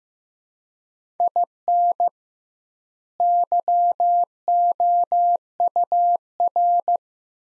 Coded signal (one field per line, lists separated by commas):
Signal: Morse code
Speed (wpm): 15 wpm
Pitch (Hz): 700 Hz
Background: none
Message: IN YOUR